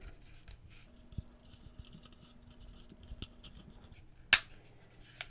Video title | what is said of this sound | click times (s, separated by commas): Google Home Mini Protective Battery Base & New Wall Mounts | when you're ready you push it down and it will snap into place | 4.3 s